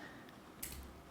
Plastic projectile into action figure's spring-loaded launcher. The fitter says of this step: and you hear it lock